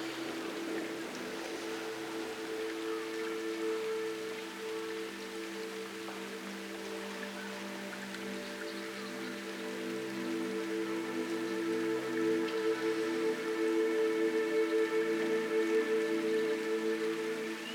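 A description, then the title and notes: Steady rainforest ambience of soft rain pattering, layered with sustained humming tones from insects or frogs that grow slightly louder halfway through. Nighttime Healing Rainforest.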